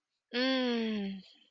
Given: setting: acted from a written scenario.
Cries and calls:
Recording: vocal sound without words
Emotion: contentment

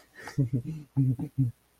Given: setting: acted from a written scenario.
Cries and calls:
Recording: vocal sound without words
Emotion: amusement

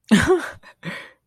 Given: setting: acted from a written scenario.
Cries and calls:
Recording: vocal sound without words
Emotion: positive surprise

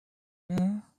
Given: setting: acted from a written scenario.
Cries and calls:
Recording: vocal sound without words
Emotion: sympathy

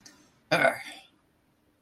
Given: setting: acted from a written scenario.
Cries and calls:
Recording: vocal sound without words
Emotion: anger

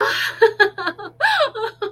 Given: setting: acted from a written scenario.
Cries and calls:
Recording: vocal sound without words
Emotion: elation

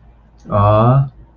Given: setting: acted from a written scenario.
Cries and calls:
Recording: vocal sound without words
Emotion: adoration

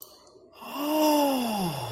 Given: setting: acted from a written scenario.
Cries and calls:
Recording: vocal sound without words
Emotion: awe

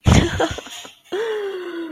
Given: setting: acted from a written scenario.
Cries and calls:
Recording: vocal sound without words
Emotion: amusement

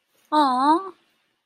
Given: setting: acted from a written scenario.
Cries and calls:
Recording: vocal sound without words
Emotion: adoration

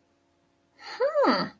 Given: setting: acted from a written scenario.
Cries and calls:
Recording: vocal sound without words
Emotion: realization

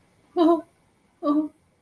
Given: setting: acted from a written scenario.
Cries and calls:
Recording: vocal sound without words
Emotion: sadness

